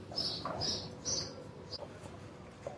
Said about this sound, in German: Über mir bölken jetzt gerade die Vögel, die werden gerade gefüttert da oben.